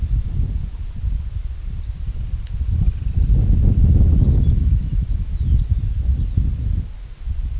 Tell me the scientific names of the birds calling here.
Calcarius lapponicus, Calidris pusilla